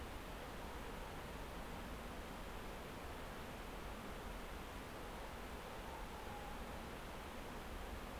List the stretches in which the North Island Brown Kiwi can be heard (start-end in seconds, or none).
none